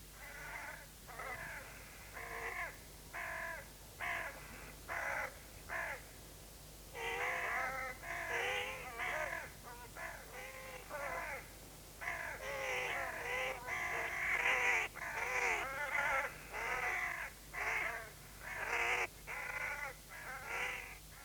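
Crows caw over and over in harsh, raspy bursts, several birds overlapping in an irregular, clamorous chorus that grows denser and louder midway, with no voices.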